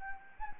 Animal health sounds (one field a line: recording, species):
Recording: mosquito wingbeat signal from an infrared sensor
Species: Anopheles gambiae